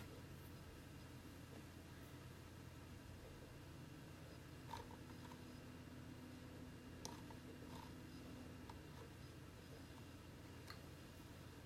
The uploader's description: Small room office with gentle typing on keyboard, clicking of the computer mouse, and gentle whirring of personal computer nearby.